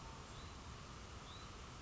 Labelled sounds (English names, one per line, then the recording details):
Hutton's Vireo
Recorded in Sonoma County, California